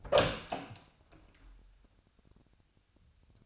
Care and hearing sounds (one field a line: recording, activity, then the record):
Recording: daily activity, microphone in the room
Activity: open door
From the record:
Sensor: 2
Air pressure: 1007.5 hPa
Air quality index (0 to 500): 182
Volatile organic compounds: 10 ppm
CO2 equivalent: 2236 ppm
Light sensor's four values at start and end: 10/23/10/10 and 10/24/10/10